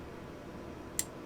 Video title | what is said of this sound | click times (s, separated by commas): Smith & Wesson 22 Victory Walkthrough disassembly and reassembly | click there it goes pull the trigger again | 1.0 s